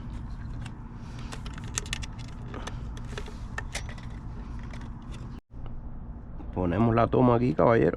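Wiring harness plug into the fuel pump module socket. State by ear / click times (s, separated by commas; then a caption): not seated / none. A wiring harness plug is handled at the fuel pump module socket, with light clicks and rattles through the first half and someone talking toward the end. Nothing has seated or clicked yet; the clip ends just before the plug goes home and its locking tab drops in.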